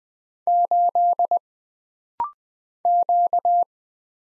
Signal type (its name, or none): Morse code